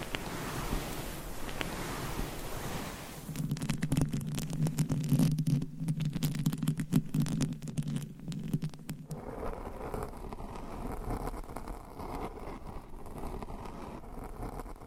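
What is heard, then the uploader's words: Scratching and rubbing fill the first few seconds as a soft, steady rustle. From about three to nine seconds, rapid dense tapping and scratching run over a low, steady hum, then the hum stops and a quieter, even rustling continues to the end. ASMR Changing Triggers Every 30 Seconds Scratching , Tapping , Massage & More No Talking.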